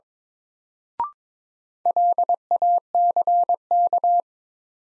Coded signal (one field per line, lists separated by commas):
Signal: Morse code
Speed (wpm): 22 wpm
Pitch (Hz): 700 Hz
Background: none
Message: LACK